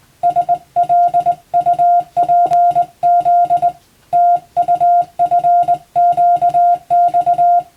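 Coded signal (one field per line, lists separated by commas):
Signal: Morse code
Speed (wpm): 20 wpm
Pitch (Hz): 700 Hz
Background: music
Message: SLUPZ TUFQX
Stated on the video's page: Morse code practice for the Japanese radiotelegraph operator exam.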